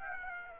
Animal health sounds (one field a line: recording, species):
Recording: mosquito wingbeat signal from an infrared sensor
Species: Aedes aegypti